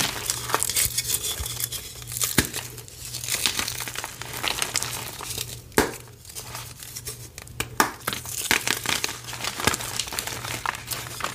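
Gym chalk is crushed and worked by hand, making a dense, continuous crackle of gritty crumbling and crinkling with many small bright ticks. Sharper snaps stand out near 2.5 and 6 seconds and again around 8 and 10 seconds, over a steady low hum.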